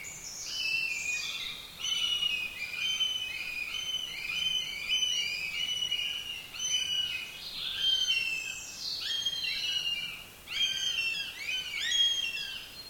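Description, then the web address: Bird calls, dense overlapping harsh notes with stacked overtones, coming almost continuously in quick succession against a steady hiss. "madarak admin enek"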